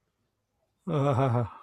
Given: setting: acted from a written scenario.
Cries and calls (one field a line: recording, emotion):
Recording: vocal sound without words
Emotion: contentment